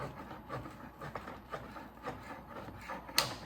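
A hand-cranked smooth-edge can opener is turned around a metal can with a steady grinding, rasping sound and a few small ticks along the way. At 3.2 s the cut completes and the lid's seal breaks free with a sharp, loud snap. The handle gets much easier to turn, but the lid stays hanging on until the opener is released.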